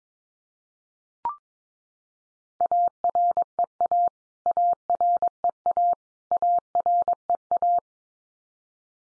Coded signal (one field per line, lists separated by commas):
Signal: Morse code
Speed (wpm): 22 wpm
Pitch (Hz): 700 Hz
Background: none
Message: AREA AREA AREA